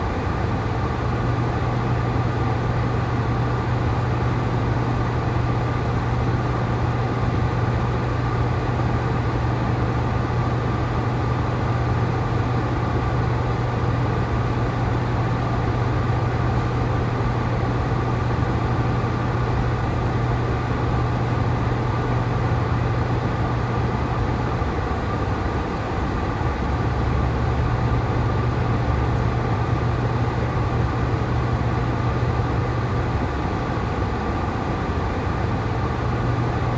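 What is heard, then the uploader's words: An air filter fan hums steadily with a low droning tone and dense, even hiss, briefly dipping around twenty-six seconds before resuming. Air Filter: White Noise. The gentle hum of the fan and the white noise it produces.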